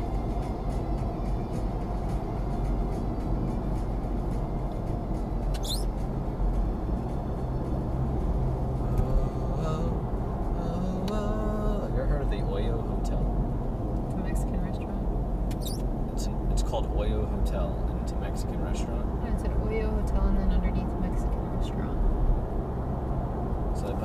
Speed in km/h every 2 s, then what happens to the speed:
66, 61, 60, 64, 68, 66, 64, 61, 63, 66, 69, 74.
0-3 slows to 60. 3-7 speeds up to 68. 7-16 steady at about 64. 16-24 speeds up to 74.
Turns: none.